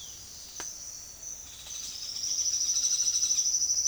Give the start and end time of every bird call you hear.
[1.40, 3.48] bird call

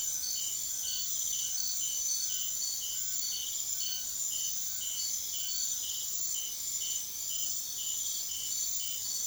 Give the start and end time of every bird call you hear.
[0.01, 5.79] bird call

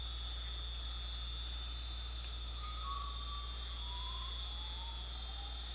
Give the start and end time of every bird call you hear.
[2.45, 4.38] bird call

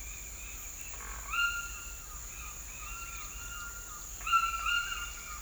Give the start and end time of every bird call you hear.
[1.32, 5.41] bird call

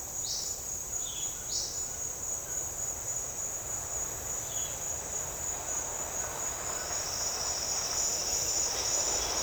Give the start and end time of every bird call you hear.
[0.20, 0.49] bird call
[0.99, 1.73] bird call
[4.49, 4.74] bird call

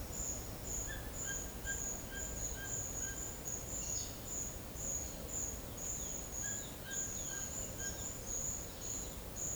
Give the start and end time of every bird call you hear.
[0.82, 3.22] bird call
[5.54, 9.33] bird call

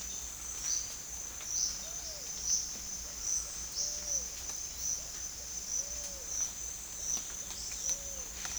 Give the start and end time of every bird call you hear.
[0.50, 8.59] bird call

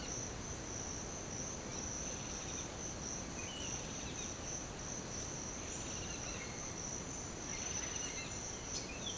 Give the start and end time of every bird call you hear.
[7.63, 9.17] bird call

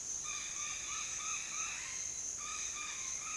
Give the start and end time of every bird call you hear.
[0.23, 3.37] bird call

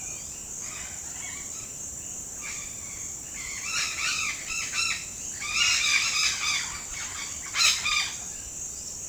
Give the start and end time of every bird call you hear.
[0.00, 1.78] bird call
[2.33, 2.80] bird call
[3.39, 8.19] bird call

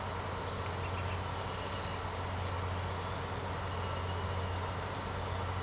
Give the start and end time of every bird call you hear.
[0.48, 3.33] bird call

